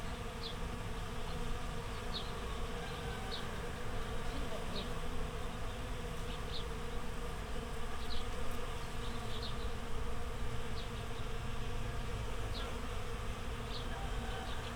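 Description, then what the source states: Bees make a continuous droning buzz filling the whole stretch, while faint high chirps break in at irregular intervals. Bees in a flowering rapeseed field, Słoneczna 9, Siemianowice Śląskie, Poland; Saturday 18 May 2019; Zoom H5 with Audio-Technica BP4025.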